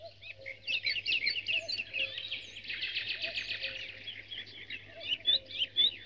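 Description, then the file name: Birds (dawn chorus): dense mixed birdsong, with overlapping chirps, buzzy trills and high whistles, plus a lower repeated note underneath. "Spectacular Sound Effects - Birds Dawn Chorus"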